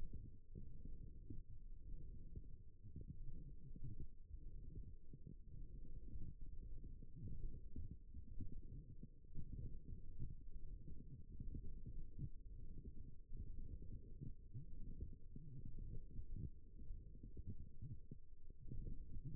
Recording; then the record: forearm muscle sounds (acoustic myography)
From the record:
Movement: forearm supination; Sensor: system 1, eight BSWA MPA416 microphones around the upper forearm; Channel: 2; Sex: female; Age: 21 years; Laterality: right